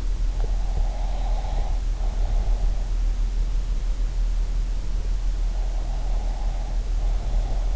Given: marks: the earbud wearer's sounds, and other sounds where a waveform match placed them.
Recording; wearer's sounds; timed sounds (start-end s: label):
sounds in sleep by an in-ear microphone; breath
0.66-2.67 s: breath
5.56-7.76 s: breath